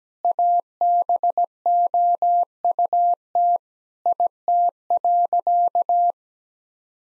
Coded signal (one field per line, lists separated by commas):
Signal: Morse code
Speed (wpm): 17 wpm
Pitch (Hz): 700 Hz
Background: none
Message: ABOUT IT.